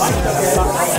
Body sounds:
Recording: background sound without coughing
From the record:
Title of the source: Nightlife Party Simulating Party Club Noise 1 Hour

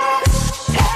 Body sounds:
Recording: coughing mixed with background sound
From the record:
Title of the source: choking, hacking coughing

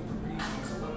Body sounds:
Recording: background sound without coughing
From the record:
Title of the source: 60 minutes of coffee shop sounds for study and concentration

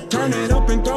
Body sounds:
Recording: coughing mixed with background sound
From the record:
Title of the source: 1125 Coughing SOUND Effect

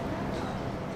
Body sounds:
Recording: coughing mixed with background sound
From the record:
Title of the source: female coughing - coughing sound effects girl

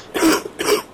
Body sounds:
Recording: coughing mixed with background sound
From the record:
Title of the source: 31 night wet cough

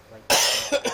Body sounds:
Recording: coughing mixed with background sound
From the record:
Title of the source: Dry Afternoon Cough

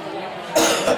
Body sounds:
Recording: coughing mixed with background sound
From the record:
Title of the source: Cough Around the Clock!

